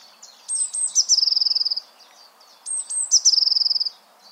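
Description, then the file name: Eurasian blue tit song: two phrases, each of a few high, piercing notes running into a quick, even trill lasting under a second. "Cyanistes caeruleus"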